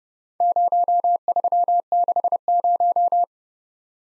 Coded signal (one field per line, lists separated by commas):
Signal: Morse code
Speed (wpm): 31 wpm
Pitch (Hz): 700 Hz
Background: none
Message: 0360